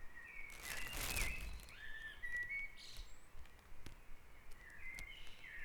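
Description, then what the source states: Bird song in a dawn chorus: clear whistled and fluting phrases, broken by a short rustling burst near the start, over a quiet background hum. Dawn chorus recorded at Back Dragon Avenue, Harrogate; part of the Sound Map of Harrogate.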